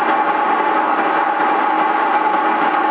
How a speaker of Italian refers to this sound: Prova a schiacciare, così ti faccio sentire il fischio. Schiaccia la portante.